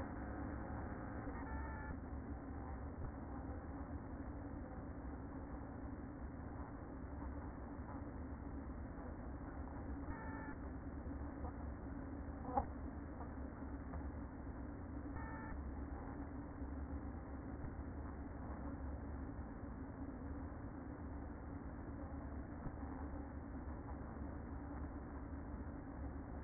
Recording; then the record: honeybee colony, microphone inside the hive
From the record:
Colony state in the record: queen present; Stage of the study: after two queens were removed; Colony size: about 60,000 bees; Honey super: yes